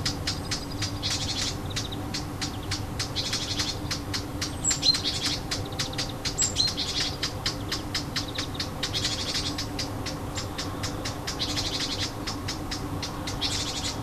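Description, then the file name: Warbler alarm: a long run of hard clicking tacks, several each second, broken by brief buzzy churrs, against a constant low background drone. Alarm call; recorded 25 June 2014 on an MZ-N 710 recorder. "Fauvette cri d alarme 25 06 14"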